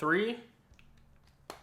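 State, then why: Seated. Someone talks briefly, then the fourth and last corner of an Anker magnetic phone case with ring stand is pressed over an iPhone 15 Pro Max. After a few faint ticks, the corner snaps on with a sharp click at 1.5 s, and the case is seated securely on all four corners.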